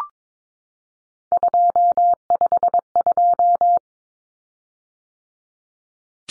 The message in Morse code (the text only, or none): 252